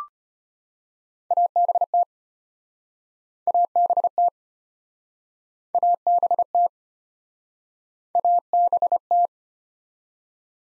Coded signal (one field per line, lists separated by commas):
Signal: Morse code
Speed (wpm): 33 wpm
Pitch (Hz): 700 Hz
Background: none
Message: ABT ABT ABT ABT